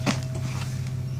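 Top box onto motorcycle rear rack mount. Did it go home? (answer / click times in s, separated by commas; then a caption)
yes / 0.1 s. A small top box is clipped onto the rear rack mount of a Yamaha MT-10/FZ-10 at 16,360 km. A sharp click at 0.1 s is followed by fainter knocks at about 0.2 s and 0.9 s over a steady low hum. The box locks in place.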